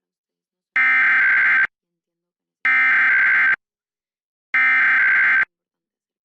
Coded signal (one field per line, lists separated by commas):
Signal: Emergency Alert System (SAME) tones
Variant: header bursts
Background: speech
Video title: [EAS #191-192] NJ Required Monthly Tests